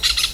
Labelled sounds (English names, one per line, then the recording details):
Brown-throated Parakeet contact call
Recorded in Venezuela
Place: Hato Matapalo, Bolívar
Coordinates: 7.356, -61.542